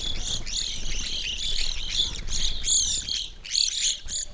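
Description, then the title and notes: Evening grosbeak flock in full cry, loud ringing chirps tumbling over one another continuously, swelling in waves. Flock feeding on sunflower seeds at a feeder hanging in a birch tree, backyard, McCloud, Siskiyou County, California; relatively warm winter morning; two microphones on either side of the tree trunk. "I recorded this at my home in the small town of McCloud in Siskiyou County, California. It was a relatively warm winter morning, and a flock of Evening Grosbeaks was busily eating a breakfast of sunflower seeds from a feeder hanging from the branch of a birch tree in my backyard."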